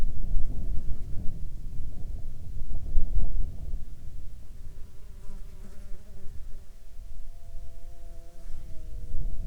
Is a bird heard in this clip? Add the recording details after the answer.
no. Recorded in the Arctic National Wildlife Refuge, Alaska, on 20 June 2019 at 15:25. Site 33